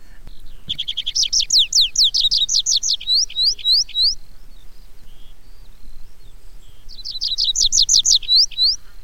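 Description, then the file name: Tree pipit song: two bursts of fast, repeated notes that quicken and rise into ringing, slurred whistles, with a quiet gap between them. "baumpieper"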